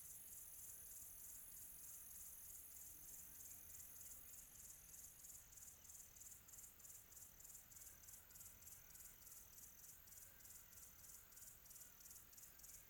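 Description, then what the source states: Cricket chirps in steady high pulses, about three per second, the pulses becoming more distinct midway through, over low background noise. Quiet tropical atmosphere.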